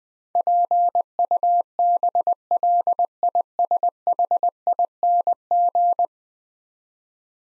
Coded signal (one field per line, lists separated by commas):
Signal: Morse code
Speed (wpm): 20 wpm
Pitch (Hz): 700 Hz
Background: none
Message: PUBLISHING